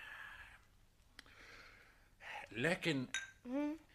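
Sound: glasses clinking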